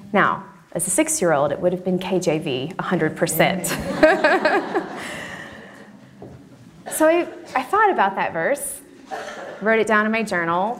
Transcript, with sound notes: Now, as a six-year old, it would have been KJV 100%. (laughter) I thought about that verse. I wrote it down in my journal.